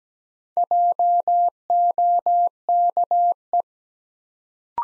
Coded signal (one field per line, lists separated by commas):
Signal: Morse code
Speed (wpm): 17 wpm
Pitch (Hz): 700 Hz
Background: none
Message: JOKE